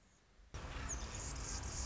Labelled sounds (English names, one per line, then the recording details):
Anna's Hummingbird
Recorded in Sonoma County, California